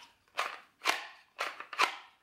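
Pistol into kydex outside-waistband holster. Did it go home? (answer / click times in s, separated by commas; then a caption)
yes / 0.9 s. A Taurus G3 pistol, unloaded, is pushed into a molded kydex outside-waistband holster from We The People Holsters after its retention screw was tightened about three turns. The trigger guard passes over the retention tab and snaps in with a loud click at 0.9 s, among several other sharp clacks of plastic handling. The pistol is seated and held in place.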